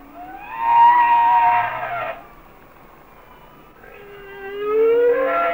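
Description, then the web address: Humpback whale song: a long, high tonal wail, a pause, then a slowly rising harmonic moan. "Natures Songs Whale Songs Sounds of Nature - Humpback Whales"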